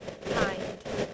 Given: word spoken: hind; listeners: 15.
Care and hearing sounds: one English word in noise, from a listening test; noise modulated by three-talker babble; -5.3 dB; 2 of 15; 7 of 15; 0.74 s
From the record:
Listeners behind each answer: 7, 3, 2, 1, 1, 1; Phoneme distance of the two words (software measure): 10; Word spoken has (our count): 1 syllable, 4 phonemes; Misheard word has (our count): 1 syllable, 4 phonemes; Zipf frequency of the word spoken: 3.37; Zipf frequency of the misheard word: 5.60

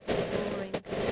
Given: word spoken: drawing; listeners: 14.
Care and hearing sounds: one English word in noise, from a listening test; noise modulated by three-talker babble; -5.8 dB; 1 of 14; 12 of 14; 0.72 s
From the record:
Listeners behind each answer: 12, 1, 1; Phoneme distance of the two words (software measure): 24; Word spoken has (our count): 2 syllables, 5 phonemes, stress on syllable 1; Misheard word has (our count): 2 syllables, 5 phonemes, stress on syllable 1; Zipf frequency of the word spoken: 4.47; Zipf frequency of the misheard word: 4.44

